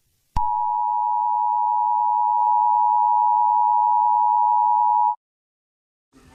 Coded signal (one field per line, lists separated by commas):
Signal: Emergency Alert System (SAME) tones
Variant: 853 and 960 Hz attention tone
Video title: EAS Scenario: The Earthquake